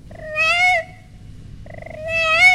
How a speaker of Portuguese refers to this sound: Muito assustado, entrou pelo mato e foi chamar o gato. E o gatinho foi chegando e foi miando.